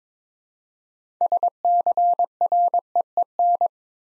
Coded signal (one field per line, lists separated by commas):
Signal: Morse code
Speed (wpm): 22 wpm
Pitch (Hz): 700 Hz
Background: none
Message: SCREEN